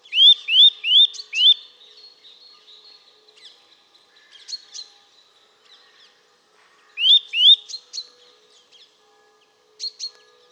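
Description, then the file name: Eurasian nuthatch repeating rising whistled notes in short bursts, first four then two, separated by softer chips and quiet gaps. "Sitta europaea"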